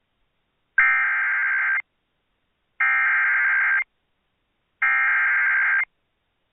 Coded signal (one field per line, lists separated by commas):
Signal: Emergency Alert System (SAME) tones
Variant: header bursts